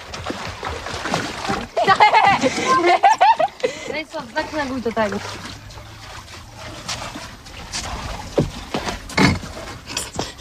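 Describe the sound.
A small, heavy rowboat is pushed on a trolley down a slipway into the water, with scraping, splashing and sloshing that come in uneven bursts beneath several excited voices talking and calling out.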